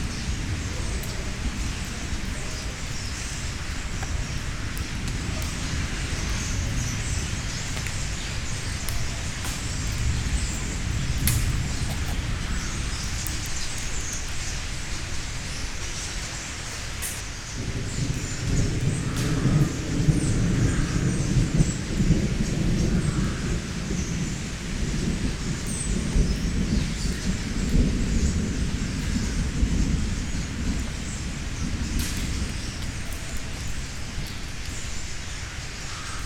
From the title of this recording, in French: Etourneaux